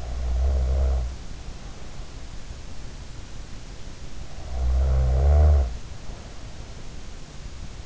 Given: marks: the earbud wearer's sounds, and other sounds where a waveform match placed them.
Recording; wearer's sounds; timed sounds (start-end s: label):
sounds in sleep by an in-ear microphone; snoring breath
0.00-2.18 s: snoring breath
4.24-6.89 s: snoring breath